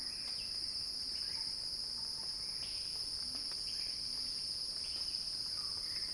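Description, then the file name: Cicadas in a steady, unbroken high shrill drone throughout. Cicada recording titled Cicada Crescendo, by Axel Drioli for Earth.fm. "earth-fm Axel-Drioli Cicada-Crescendo-Sounding-Wild"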